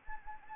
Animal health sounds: mosquito wingbeat signal from an infrared sensor; Anopheles gambiae

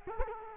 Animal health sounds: mosquito wingbeat signal from an infrared sensor; Culex quinquefasciatus

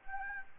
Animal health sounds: mosquito wingbeat signal from an infrared sensor; Anopheles gambiae

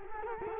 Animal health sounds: mosquito wingbeat signal from an infrared sensor; Culex quinquefasciatus

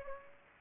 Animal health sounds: mosquito wingbeat signal from an infrared sensor; Aedes aegypti

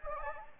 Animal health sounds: mosquito wingbeat signal from an infrared sensor; Anopheles gambiae

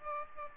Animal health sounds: mosquito wingbeat signal from an infrared sensor; Aedes aegypti

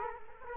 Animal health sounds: mosquito wingbeat signal from an infrared sensor; Culex quinquefasciatus

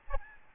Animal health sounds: mosquito wingbeat signal from an infrared sensor; Aedes albopictus

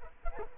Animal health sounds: mosquito wingbeat signal from an infrared sensor; Culex quinquefasciatus

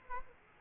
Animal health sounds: mosquito wingbeat signal from an infrared sensor; Aedes aegypti

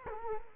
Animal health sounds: mosquito wingbeat signal from an infrared sensor; Culex quinquefasciatus

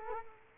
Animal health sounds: mosquito wingbeat signal from an infrared sensor; Culex quinquefasciatus

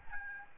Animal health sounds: mosquito wingbeat signal from an infrared sensor; Aedes albopictus

